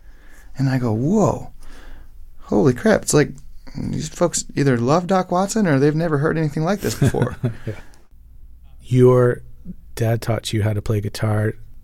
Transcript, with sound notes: And I go, whoa. Holy crap. It's like these folks either love Doc Watson, or they've never heard anything like this before.
(Laughter) Yeah. Your dad taught you how to play guitar.